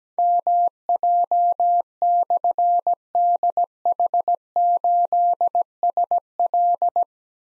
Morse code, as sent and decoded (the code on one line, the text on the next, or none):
-- .--- -..-. -.. .... ---.. ... .-..
MJ/DH8SL